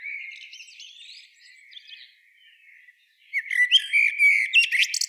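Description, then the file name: Common blackbird song: soft warbled whistles fading to quiet, then a sudden loud run of sharp twitters and squeaky high notes. "Turdus merula"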